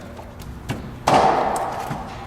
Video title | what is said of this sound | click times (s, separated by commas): 2002 Cavalier Water Pump Replacement (Part 2) - EricTheCarGuy | sort of pops into place there it is | 1.1 s